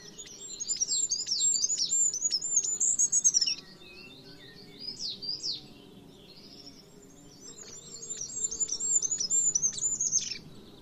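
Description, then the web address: Bird giving quick series of high arched chirps in three bursts, loud runs at the start and end, over a soft low rumbling background. "cianscape. Deverinetal 2025. Bird Only"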